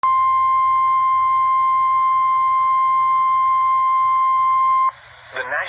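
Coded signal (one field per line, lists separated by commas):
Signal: Emergency Alert System (SAME) tones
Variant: 1050 Hz attention tone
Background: speech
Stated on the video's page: Severe thunderstorm warning SAME tones on WXL42, issued for Winston-Salem and High Point.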